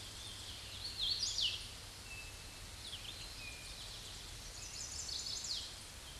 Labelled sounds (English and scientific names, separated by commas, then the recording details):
Hooded Warbler (Setophaga citrina) song
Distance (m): 15 m
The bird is about 10 m above the microphone
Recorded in a Pennsylvania forest on 16 May 2024 at 07:48
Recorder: AudioMoth, point MSD-0814
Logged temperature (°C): 15.8 °C
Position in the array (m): 154 m, 107 m